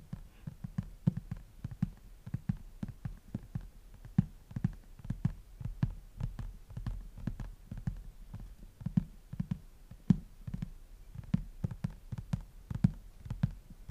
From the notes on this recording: I will tap on the book cover and flip through the pages.